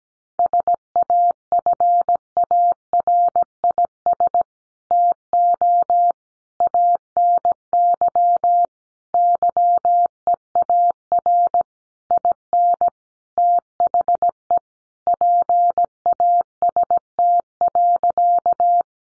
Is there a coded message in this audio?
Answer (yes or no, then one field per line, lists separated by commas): yes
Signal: Morse code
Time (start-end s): 0.4-18.8 s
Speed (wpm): 17 wpm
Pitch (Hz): 700 Hz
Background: none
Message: SAFARIS TO ANY YEAR IN THE PAST.